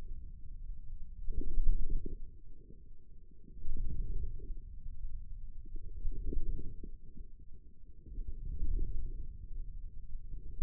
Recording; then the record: forearm muscle sounds (acoustic myography)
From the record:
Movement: wrist flexion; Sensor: system 2, bracelet of six BSWA MPA416 microphones around the upper forearm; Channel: 4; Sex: male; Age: 22 years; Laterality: right